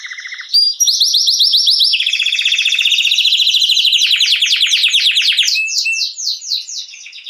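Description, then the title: Canary singing a loud, continuous run of rapid rolled trills, shifting pitch between sections and closing with repeated falling notes. Male Belgian canary named Raiden singing a lot; used for training and warming up young birds. "Canary Training Esquente Seu Filhote E Canario Belga Macho Cantando Muito. Canrio Belga RAIDEN Cantando Muito - Esquente seu Canrio Belga"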